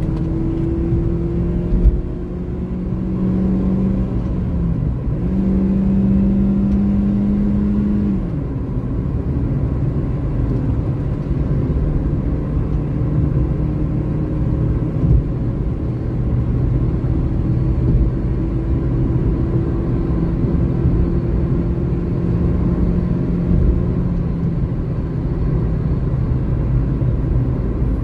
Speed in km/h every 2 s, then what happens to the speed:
89, 95, 97, 103, 107, 112, 116, 120, 124, 128, 132, 134, 127, 115.
0-21 speeds up to 134. 21-28 slows to 115.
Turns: none.